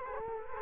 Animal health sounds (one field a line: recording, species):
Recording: mosquito wingbeat signal from an infrared sensor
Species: Culex quinquefasciatus